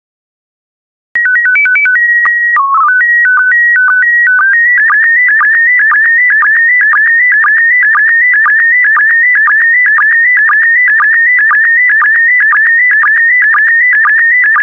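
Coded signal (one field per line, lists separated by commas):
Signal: SSTV (slow-scan television)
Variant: PD120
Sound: short header tones, then a steady warbling, chirping tone with rapid rhythmic clicks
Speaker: complete. You can now check your decoded image against the picture that is shown on the video.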